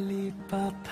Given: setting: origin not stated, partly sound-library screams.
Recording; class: one-second piece from a danger detection set; normal situation